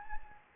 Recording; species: mosquito wingbeat signal from an infrared sensor; Anopheles gambiae